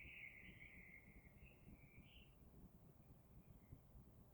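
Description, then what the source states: Eurasian blackbird song: a mellow, fluted warbling phrase of about two seconds, then faint trailing notes, over a steady low rumbling background noise. Recorded 26 April 2022.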